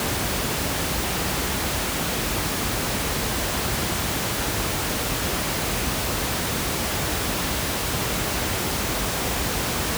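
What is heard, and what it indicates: Steady, unchanging device-generated pink noise: a broadband hiss with more energy in the low frequencies. It is used as sound therapy for hyperacusis and is played at the normal level.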